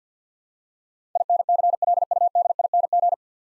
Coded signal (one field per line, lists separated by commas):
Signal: Morse code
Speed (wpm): 48 wpm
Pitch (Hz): 700 Hz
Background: none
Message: INCLUDING